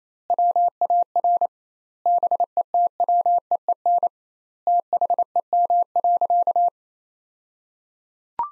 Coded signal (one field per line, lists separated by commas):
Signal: Morse code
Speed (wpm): 28 wpm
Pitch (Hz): 700 Hz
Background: none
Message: WAR BETWEEN THEM.